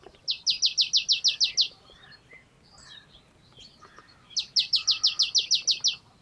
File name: Poecile palustris